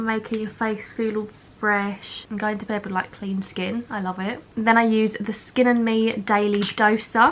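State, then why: Not seated. Someone talks while handling the dosing mechanism of a plastic skincare dose pump bottle, a Skin and Me Daily Doser, which is meant to click into its ready position. Only speech is heard, and the clip ends before the part goes home, so nothing has seated or clicked yet.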